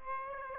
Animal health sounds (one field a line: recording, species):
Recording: mosquito wingbeat signal from an infrared sensor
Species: Aedes aegypti